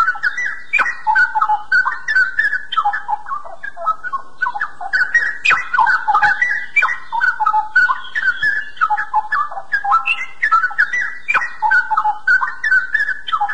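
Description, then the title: Oriental magpie-robin delivering an unbroken, lively song of varied whistles, chirps and clicks, phrases tumbling up and down throughout. "Kicau Kacer"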